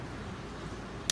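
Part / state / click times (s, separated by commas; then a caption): plastic protective cover onto the terminal block in a solar roof junction box / seated / 1.1 s. A plastic protective cover is pressed over the pass-through terminal block inside a rooftop solar junction box (a Soladeck). Steady low, broadband background noise runs until a sharp, short snap at 1.1 s, when the cover snaps into place and is seated.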